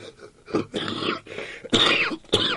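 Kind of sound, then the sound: human body sound, cough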